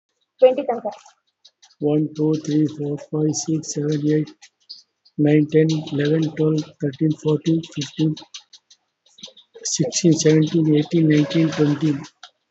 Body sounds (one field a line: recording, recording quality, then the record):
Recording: counting at a normal pace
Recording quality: excellent, no background noise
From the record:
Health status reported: COVID-19 positive, moderate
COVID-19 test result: positive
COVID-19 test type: RT-PCR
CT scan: not taken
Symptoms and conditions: diabetes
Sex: male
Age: 48 years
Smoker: yes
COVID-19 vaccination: none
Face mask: not worn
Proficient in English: yes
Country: India